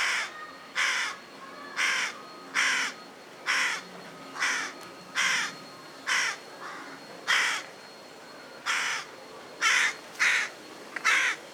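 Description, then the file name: Carrion crow cawing in a long run of many harsh, rasping calls, roughly one per second, some uneven in spacing and loudness. "Corvus corone"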